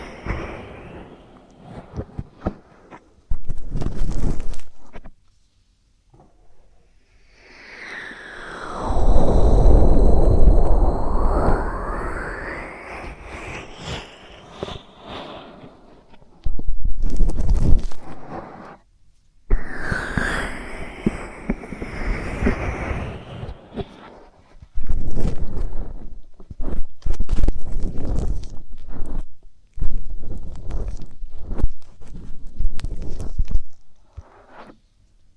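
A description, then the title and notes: Close ear stimulation sounds: rustly bursts separated by silences, with long sweeping whooshes that rise and fall in pitch near 8–15 and 20 seconds. ASMR Inner Ear and Ear Drum Stimulation (No Talking).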